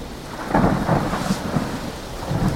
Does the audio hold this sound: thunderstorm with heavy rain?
yes